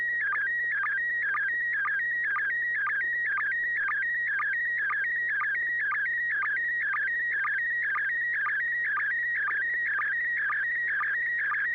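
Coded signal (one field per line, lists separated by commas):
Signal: SSTV (slow-scan television)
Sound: steady warbling whistle-like tone with a regular chirping blip about twice a second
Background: low steady hum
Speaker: uh thank you yeah a good copy here uh let's see what Joel thinks the as6 DG did you receive that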